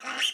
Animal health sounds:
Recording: pig call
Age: piglet (1 to 25 days)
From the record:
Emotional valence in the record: negative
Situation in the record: restrain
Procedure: in the arms of a person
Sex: female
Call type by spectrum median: high-frequency call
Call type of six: mixed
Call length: 0.34 s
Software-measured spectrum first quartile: 1967 Hz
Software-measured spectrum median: 2839 Hz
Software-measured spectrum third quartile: 3468 Hz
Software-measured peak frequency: 3083 Hz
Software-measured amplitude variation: 153 dB a second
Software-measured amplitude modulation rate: 16.2 a second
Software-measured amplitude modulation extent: 9.4 dB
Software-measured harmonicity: 3.2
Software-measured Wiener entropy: -1.70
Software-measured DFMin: 752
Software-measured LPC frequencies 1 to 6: 1513, 3084, 5538, 6044, 6687, 7629 Hz

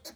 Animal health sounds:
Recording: pig call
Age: piglet (1 to 25 days)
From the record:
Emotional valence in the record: negative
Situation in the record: restrain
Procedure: back test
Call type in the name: high-frequency call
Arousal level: maximum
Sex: female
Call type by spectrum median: high-frequency call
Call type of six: low-frequency tonal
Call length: 0.17 s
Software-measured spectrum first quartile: 1662 Hz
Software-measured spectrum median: 4314 Hz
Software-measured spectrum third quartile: 7179 Hz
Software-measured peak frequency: 588 Hz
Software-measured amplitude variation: 220 dB a second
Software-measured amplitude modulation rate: 12.1 a second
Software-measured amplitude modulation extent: 18.1 dB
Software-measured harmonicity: 1.1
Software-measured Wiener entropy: -2.01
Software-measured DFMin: 1655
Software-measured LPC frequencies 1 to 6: 592, 1627, 4116, 4447, 5491, 6342 Hz

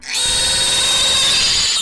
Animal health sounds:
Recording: pig call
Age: piglet (1 to 25 days)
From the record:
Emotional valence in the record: negative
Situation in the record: castration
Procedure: castration, cut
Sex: male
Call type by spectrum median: high-frequency call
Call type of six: high-frequency modulated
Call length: 1.82 s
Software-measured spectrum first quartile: 3606 Hz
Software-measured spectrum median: 4977 Hz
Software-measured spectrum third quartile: 8621 Hz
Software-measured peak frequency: 3745 Hz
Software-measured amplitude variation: 39 dB a second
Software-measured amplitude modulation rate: 24.8 a second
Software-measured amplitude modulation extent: 1.6 dB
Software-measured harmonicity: 2.0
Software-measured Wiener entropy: -1.48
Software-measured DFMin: 503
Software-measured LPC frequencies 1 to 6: 946, 1778, 2755, 3733, 4644, 7022 Hz

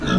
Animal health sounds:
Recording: pig call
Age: growing-finishing pig (85 days or more)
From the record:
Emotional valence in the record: negative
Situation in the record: barren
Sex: male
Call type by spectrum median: low-frequency call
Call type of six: low-frequency modulated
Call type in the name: low-frequency modulated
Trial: 2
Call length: 0.19 s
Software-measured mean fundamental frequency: 64 Hz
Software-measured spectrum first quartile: 204 Hz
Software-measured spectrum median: 493 Hz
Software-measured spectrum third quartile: 1745 Hz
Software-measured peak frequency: 179 Hz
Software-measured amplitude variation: 112 dB a second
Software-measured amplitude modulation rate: 28.7 a second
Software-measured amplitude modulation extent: 3.9 dB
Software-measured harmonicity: 3.1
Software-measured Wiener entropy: -1.63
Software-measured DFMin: 1075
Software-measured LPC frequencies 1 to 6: 277, 1327, 1550, 2690, 3431, 5522 Hz

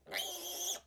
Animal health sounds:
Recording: pig call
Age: piglet (1 to 25 days)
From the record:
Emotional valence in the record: negative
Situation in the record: restrain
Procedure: back test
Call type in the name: high-frequency call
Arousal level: low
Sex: female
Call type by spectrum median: high-frequency call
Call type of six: high-frequency stable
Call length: 0.87 s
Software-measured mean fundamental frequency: 358 Hz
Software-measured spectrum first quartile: 2475 Hz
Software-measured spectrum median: 4679 Hz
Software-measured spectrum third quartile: 7364 Hz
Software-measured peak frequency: 3136 Hz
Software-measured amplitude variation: 133 dB a second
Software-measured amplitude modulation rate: 17.3 a second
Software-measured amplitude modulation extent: 7.7 dB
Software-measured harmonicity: 4.0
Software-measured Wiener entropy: -2.21

